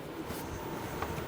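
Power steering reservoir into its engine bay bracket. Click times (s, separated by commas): 1.0 s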